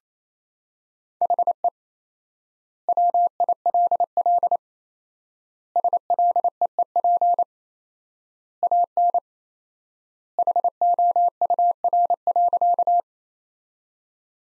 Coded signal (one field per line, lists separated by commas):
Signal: Morse code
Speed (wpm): 27 wpm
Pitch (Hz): 700 Hz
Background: none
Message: HE WILL SLEEP AN HOUR.